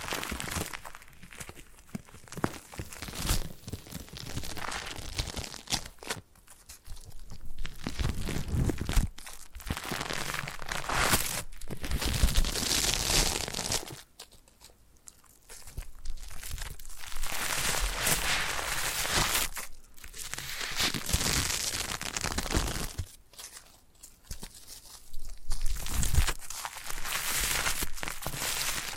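Foam massage, heard as dense crinkling and squeaky rubbing that comes in long bursts of several seconds each. Brief quiet gaps fall near 6, 14, 23 and 27 seconds. The sound is mostly bright and scratchy, with some low thumps mixed in.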